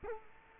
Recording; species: mosquito wingbeat signal from an infrared sensor; Culex quinquefasciatus